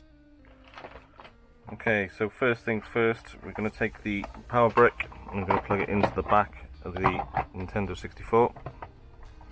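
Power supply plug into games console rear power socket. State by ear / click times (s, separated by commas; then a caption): not seated / none. Someone talks while handling a power supply brick, bringing its DC plug to the power socket on the back of a Nintendo 64 console, with a few faint handling taps at the start and end. The plug has not seated or clicked into the socket yet.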